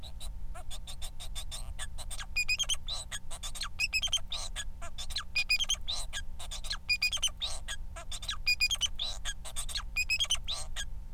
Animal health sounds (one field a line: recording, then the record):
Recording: song of a male Bengalese finch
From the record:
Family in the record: son of father 4